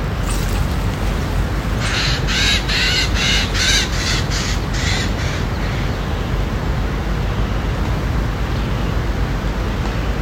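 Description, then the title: Bird calls: a run of harsh, evenly spaced caw-like bursts in the middle seconds, over steady low rumbling background noise. Recorded beside a pasture. "牧场旁的鸟叫声"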